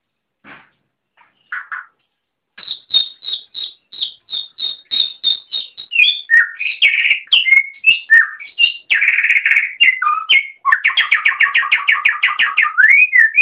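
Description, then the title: Oriental magpie-robin singing: a few soft notes, then a steady run of high repeated chips, followed by varied whistles and a rapid rattling trill. "Kicau Kacer"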